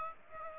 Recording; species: mosquito wingbeat signal from an infrared sensor; Aedes aegypti